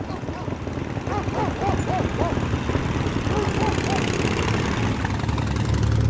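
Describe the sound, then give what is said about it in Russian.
A motorcycle carrying two Germans rumbles steadily along a street in early-morning fog, a low continuous drone that grows slightly louder toward the end, with faint voice-like tones rising and falling over it. “По улице на мотоцикле проезжают два немца.”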